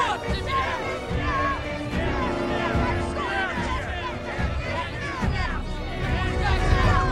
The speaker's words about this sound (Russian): Люди кричат и кидают теплую еду в пленницу.